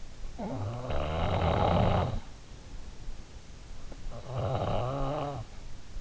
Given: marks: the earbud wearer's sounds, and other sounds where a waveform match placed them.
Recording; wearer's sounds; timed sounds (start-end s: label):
sounds in sleep by an in-ear microphone; snoring breath
0.01-2.70 s: snoring breath
3.67-5.96 s: snoring breath